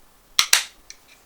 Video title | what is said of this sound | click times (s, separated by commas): Ruger MK IV Tactical Disassembly #TacticalSafety | boom clicks right in place | 0.4 s, 0.5 s